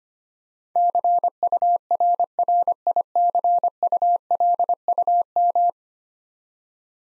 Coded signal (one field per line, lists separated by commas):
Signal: Morse code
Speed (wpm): 25 wpm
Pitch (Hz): 700 Hz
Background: none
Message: CURRICULUM